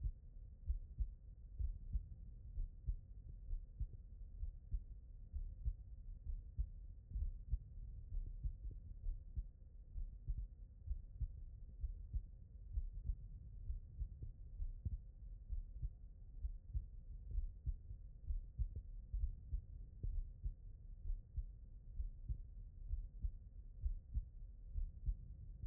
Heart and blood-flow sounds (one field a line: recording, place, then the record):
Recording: heart sounds by stethoscope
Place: aortic valve (AV)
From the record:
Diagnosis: non-HFrEF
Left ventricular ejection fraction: 58%